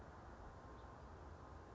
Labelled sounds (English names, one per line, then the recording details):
House Finch
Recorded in Sonoma County, California